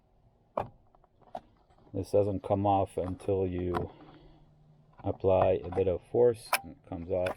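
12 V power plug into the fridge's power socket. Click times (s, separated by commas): 0.6 s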